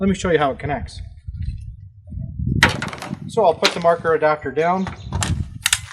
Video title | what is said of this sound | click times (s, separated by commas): How to Locate Marker Balls | simply click it in you hear two clicks | 5.2 s, 5.7 s